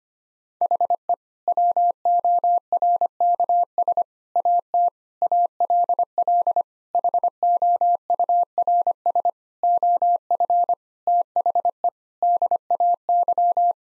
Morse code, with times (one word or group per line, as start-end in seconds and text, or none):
0.6-1.1 HE
1.5-4.0 WORKS
4.4-4.9 AT
5.2-6.6 ALL
6.9-9.3 HOURS
9.6-10.7 OF
11.1-11.9 THE
12.2-13.7 DAY